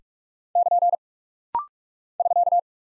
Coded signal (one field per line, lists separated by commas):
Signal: Morse code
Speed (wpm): 44 wpm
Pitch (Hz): 700 Hz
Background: none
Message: <KN> <SK>